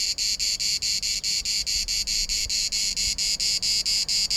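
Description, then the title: Cicada orni song: loud, harsh buzzy pulses repeated in an even rhythm, several per second, without a break. Sings on trees and shrubs; can repeat up to six times per second. "Cigala, cicada orni"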